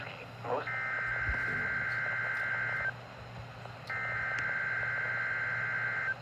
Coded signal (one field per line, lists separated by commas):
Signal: Emergency Alert System (SAME) tones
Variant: header bursts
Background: speech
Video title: Required Weekly Tests from May 20 2026 EAS 714-714